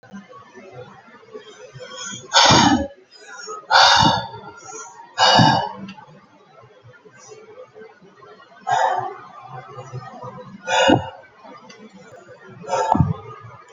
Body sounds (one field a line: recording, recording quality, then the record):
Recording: shallow breathing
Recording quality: moderate, slight background noise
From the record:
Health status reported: COVID-19 positive, mild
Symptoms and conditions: cold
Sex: female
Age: 33 years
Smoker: not ticked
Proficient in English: no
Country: India